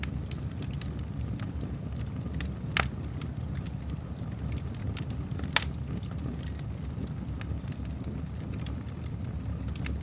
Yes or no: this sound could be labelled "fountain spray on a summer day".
no